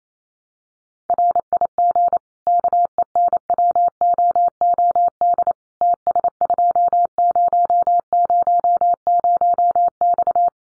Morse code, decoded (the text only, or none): RIG KENWOOD TS2000X